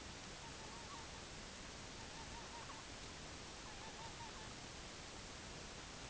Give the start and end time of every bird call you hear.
[0.22, 1.24] Herring Gull (Larus argentatus)
[1.83, 2.85] Herring Gull (Larus argentatus)
[3.45, 4.54] Herring Gull (Larus argentatus)

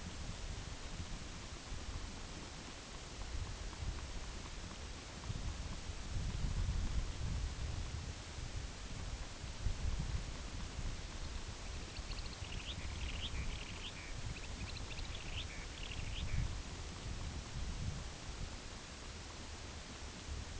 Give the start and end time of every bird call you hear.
[11.09, 16.63] Long-billed Dowitcher (Limnodromus scolopaceus)

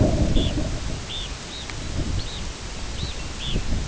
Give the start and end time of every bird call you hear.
[0.29, 0.56] Red Phalarope (Phalaropus fulicarius)
[1.03, 1.70] Red Phalarope (Phalaropus fulicarius)
[2.18, 2.46] Red Phalarope (Phalaropus fulicarius)
[2.94, 3.63] Red Phalarope (Phalaropus fulicarius)

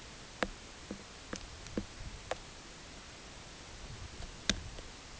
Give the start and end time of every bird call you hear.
[2.51, 3.13] Dunlin (Calidris alpina)

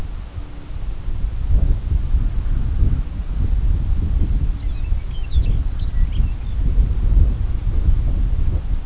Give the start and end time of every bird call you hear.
[4.42, 6.63] Lapland Longspur (Calcarius lapponicus)

